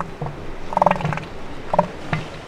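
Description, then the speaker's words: Northern elephant seal growl, a low throbbing pulsed rumble in short bursts. Sexually mature males at start of mating season, Piedras Blancas, California coast, colony of about 23,000 seals; males competing to establish strongest; enlarged floppy noses help produce growl. "That sound you hear isn't a diesel engine. It's the sound of war. Sexually mature males have enlarged, floppy noses that help them make the growl."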